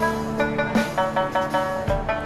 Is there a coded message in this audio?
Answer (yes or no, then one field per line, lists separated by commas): no